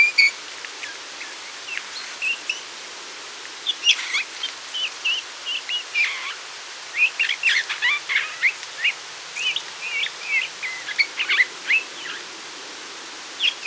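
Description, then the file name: Eurasian bullfinch calls, short soft whistled notes given in irregular groups with pauses, mixed with brief sharper chirps over a quiet hiss. "Pyrrhula pyrrhula"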